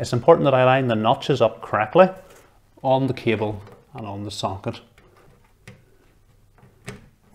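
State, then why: Seated. A case cable's plastic connector is lined up by its notches and pushed onto the top-left motherboard header while someone talks. After the talking, a few faint taps and rustles lead to a sharp click at 6.9 s as the connector clicks in and locks, seated.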